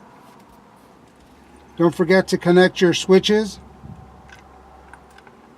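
While installing a new black air bag steering wheel on a 1997-2004 Ford truck or SUV, the cruise control switch wiring connector is handled ahead of being pushed into its plastic lock on the wheel. Someone talks from about 1.8 to 3.5 seconds, followed by a few faint, short handling sounds against a low steady hum. Nothing has seated or clicked yet.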